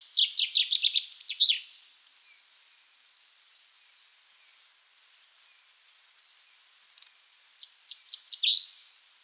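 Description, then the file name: Common chaffinch singing two strong, cascading phrases of quick downward-sweeping notes, with a faint short phrase in the quiet gap between. "Fringilla coelebs"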